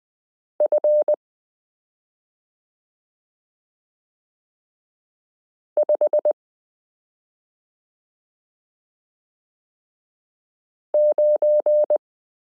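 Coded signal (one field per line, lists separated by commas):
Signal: Morse code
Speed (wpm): 20 wpm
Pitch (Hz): 600 Hz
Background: none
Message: F 5 9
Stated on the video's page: Morse lesson 29 of a 72-part Koch-method variation series, introducing the 30th character, the number 8.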